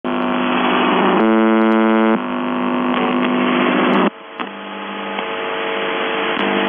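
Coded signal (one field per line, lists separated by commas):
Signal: numbers station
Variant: UVB-76 (The Buzzer)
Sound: harsh low droning buzz in bursts over shortwave hiss, no clear voice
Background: radio static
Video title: The Buzzer/UVB-76(4625Khz) November 10, 2021 08:16UTC Voice message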